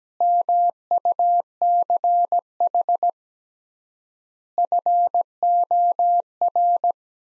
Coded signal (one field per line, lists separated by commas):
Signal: Morse code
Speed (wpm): 17 wpm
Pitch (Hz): 700 Hz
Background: none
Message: MUCH FOR